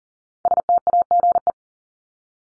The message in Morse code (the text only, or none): STAGE